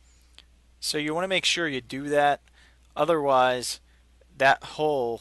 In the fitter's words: they actually slide together to lock into place